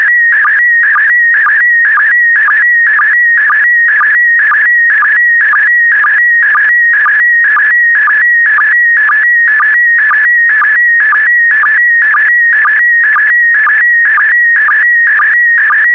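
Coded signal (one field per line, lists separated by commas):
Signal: SSTV (slow-scan television)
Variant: PD120 mode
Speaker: complete. You can now check your decoded image against the picture that is shown on the video.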